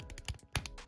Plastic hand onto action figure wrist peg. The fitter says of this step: yeah these just snap into placed they going to hold very nicely and look at